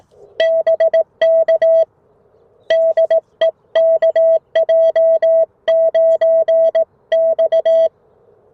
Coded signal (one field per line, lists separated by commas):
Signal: Morse code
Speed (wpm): 18 wpm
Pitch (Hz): 650 Hz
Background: none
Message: BK DE KJ9X